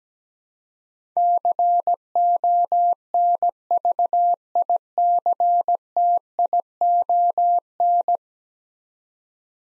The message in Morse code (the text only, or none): CONVICTION